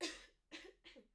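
A series of three short coughs from an adult, the first loudest.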